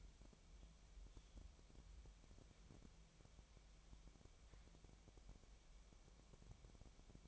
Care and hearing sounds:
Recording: daily activity, microphone in the room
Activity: wipe stove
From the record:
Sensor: 1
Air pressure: 1007.1 hPa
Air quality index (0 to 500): 204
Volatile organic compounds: 22 ppm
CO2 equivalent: 2746 ppm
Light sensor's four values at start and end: 12/32/12/14 and 12/32/13/14

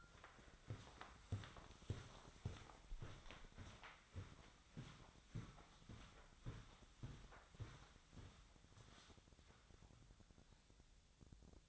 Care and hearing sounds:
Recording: daily activity, microphone in the room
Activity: walk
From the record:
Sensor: 3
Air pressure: 1009.3 hPa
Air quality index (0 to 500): 195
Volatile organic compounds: 4 ppm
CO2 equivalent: 1577 ppm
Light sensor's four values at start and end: 58/150/66/68 and 58/149/66/68

